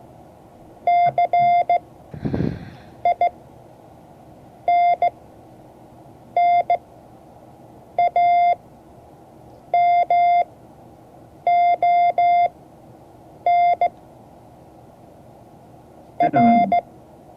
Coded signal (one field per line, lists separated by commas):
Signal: Morse code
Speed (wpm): 15 wpm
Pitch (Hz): 690 Hz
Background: none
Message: CINNAMON R